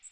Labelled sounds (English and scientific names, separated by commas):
Magnolia Warbler (Setophaga magnolia) flight call